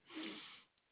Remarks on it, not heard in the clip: Sorry for the snoring, my friends, but the puppy's enjoying himself. You hear that snoring, though, don't you? Oh, the doggy loves to sleep. This is my puppy.